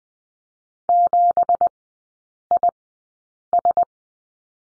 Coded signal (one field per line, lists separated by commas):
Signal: Morse code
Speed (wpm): 20 wpm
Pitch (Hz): 700 Hz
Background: none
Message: 7IS